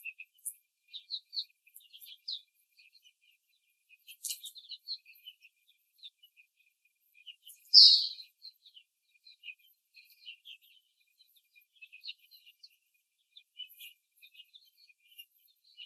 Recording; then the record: young laying hens in a cage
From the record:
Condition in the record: before the stressor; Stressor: simulated dog barking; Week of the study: 3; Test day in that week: 2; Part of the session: 1